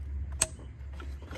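A plastic electrical connector is plugged back into the sensor on the engine air breather assembly of a 2006 Dodge Dakota 4.7L 4WD Quad Cab. It gives a single sharp, bright click at 0.4 s over a steady low hum. The connector is seated.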